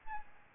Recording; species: mosquito wingbeat signal from an infrared sensor; Aedes albopictus